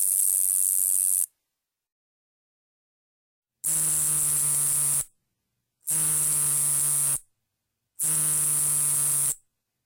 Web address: Crickets and Katydids. Nebraska Conehead Katydid, Neoconocephalus nebrascensis